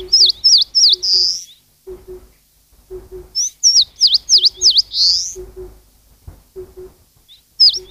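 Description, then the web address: Eastern crowned warbler sings strings of sharp up-and-down notes ending in a buzzy burst, twice, with another starting at the end, while low paired hoots continue beneath. "cats sikioto birds sendaimushikui"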